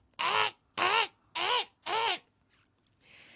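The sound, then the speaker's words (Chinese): A crow flying past in remote wild hills caws four times in a steady, evenly spaced series, each call harsh and hoarse, followed by faint rustling and a soft wash of background noise. “净系有乌鸦飞过嗰啲。”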